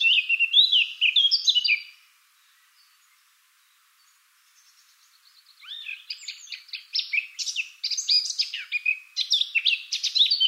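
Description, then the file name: Eurasian blackcap song opening with a short warble, falling quiet, then building into a long, fast, jumbled run of bright whistles and chirps. "Sylvia atricapilla"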